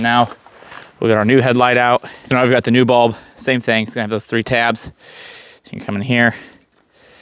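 Someone talks while handling a new headlight bulb with three tabs for a 2008–12 Chevy Malibu headlight, with faint handling noise between the words. The bulb has not yet been pushed into the headlight assembly mount, and nothing has seated or clicked yet.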